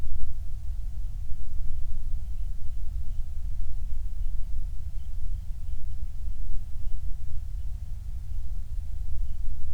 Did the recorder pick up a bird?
yes